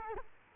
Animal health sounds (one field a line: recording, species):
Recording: mosquito wingbeat signal from an infrared sensor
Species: Culex quinquefasciatus